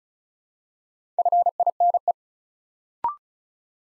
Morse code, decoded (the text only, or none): FINE